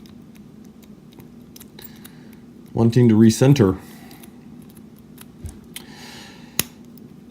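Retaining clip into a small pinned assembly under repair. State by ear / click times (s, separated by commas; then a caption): seated / 6.6 s. Someone talks while working a retaining clip into a small pinned assembly under repair, with faint small clicks and taps as the tensioned pins are recentered. At 6.6 s the clip snaps home with a sharp, loud click, seating it into place.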